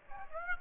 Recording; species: mosquito wingbeat signal from an infrared sensor; Aedes aegypti